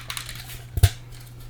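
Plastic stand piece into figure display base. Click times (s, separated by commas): 0.8 s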